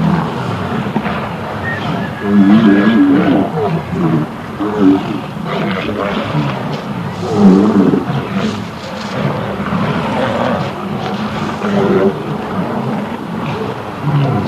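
Walrus bellows and roars: deep, harmonic, grunting calls that swell and fade in overlapping bouts over a constant rumbling background.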